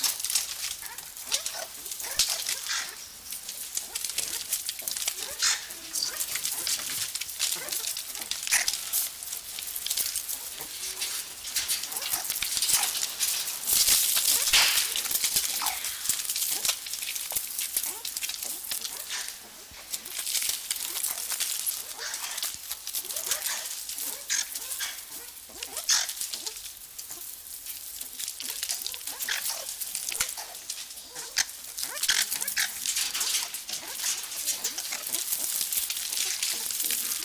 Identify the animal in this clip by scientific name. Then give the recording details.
Mungos mungo. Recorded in captivity. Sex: group. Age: adult. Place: Zoo Halle, Sachsen-Anhalt, DE. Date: 1999-03-30 11:34. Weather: fair, ca. 15°C. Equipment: Sony MD-WM MZ-R3, Sennheiser MKH 416 T, Kopie Uher 4000 Report Monitor. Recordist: Tembrock, Günter